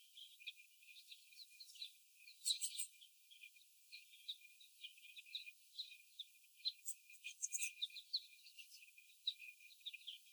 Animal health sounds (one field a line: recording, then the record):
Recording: young laying hens in a cage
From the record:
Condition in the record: before the stressor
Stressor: sudden umbrella opening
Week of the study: 1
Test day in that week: 1